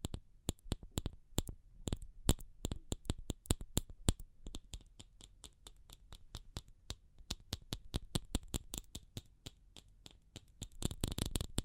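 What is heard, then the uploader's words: Tapping in a steady stream of sharp, bright clicks, sometimes quick and clustered, sometimes spaced a little apart. Each tap is short and crisp with a soft low thump beneath it. Near the end the taps grow denser and louder. ASMR Pure Tapping Fast and Slow (No Talking).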